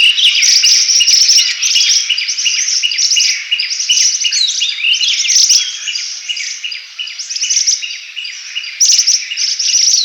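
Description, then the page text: Rosy Minivet calls: a dense, continuous stream of sharp high chirps and short trills, barely pausing throughout. "Rosy Minivet Calls. Quick Sounds"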